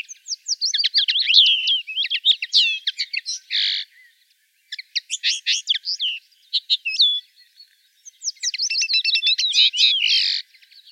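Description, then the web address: Common linnet pouring out twittering song: rapid chirps, trills and a few harsh buzzy notes, in three main bursts with short silences. "rdewys kneu"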